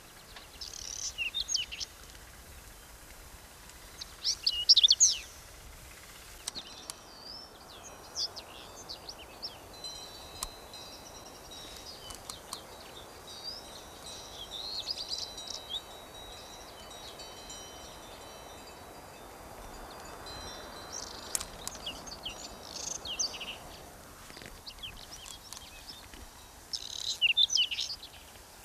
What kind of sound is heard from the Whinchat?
song